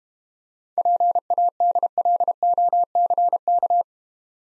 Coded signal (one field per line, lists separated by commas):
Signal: Morse code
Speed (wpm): 32 wpm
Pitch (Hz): 700 Hz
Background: none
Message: PADLOCK